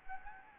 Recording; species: mosquito wingbeat signal from an infrared sensor; Anopheles gambiae